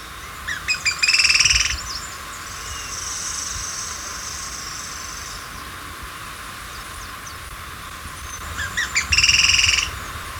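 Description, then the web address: Black-throated tody-tyrant calls: two bouts of a few sharp notes running into a fast, dry trill, with a faint high buzzing between them. Recorded in Ecuador. "Birds of Ecuador 3-04 Black-Throated Tody-Tyrant"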